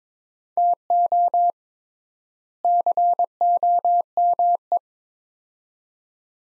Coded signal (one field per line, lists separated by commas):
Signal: Morse code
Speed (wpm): 21 wpm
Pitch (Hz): 700 Hz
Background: none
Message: TO COME